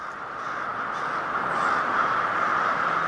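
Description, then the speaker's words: Crows cawing in a dense, continuous chorus, many harsh calls overlapping with no gaps and building slightly in loudness. Hundreds of crows gathering to roost, getting ready for bed. "That's the sound of hundreds of crows getting ready for bed."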